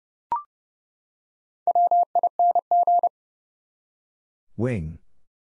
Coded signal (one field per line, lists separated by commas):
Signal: Morse code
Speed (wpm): 30 wpm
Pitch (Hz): 700 Hz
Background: none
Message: WING